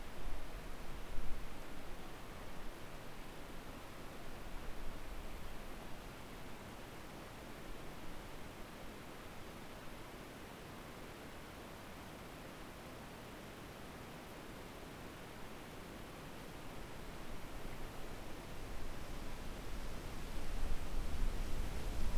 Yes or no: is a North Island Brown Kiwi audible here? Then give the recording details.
no. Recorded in New Zealand on 10 October 2014. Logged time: 22:59. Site DE66